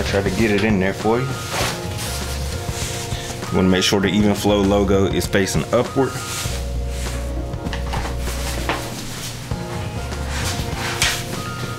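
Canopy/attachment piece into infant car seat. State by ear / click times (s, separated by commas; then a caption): seated / 8.7 s, 11.0 s. Over background music, someone talks while pushing a plastic canopy attachment piece, Evenflo logo facing upward, into its mounts on an Evenflo Omni Plus Modular Travel System infant car seat. Sharp clicks are heard at 8.7 s and 11.0 s as the piece seats in place.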